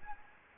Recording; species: mosquito wingbeat signal from an infrared sensor; Anopheles gambiae